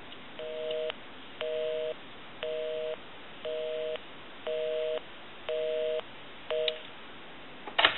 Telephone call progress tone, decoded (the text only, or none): busy tone